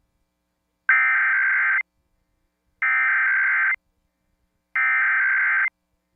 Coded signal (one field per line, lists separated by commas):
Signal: Emergency Alert System (SAME) tones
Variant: header bursts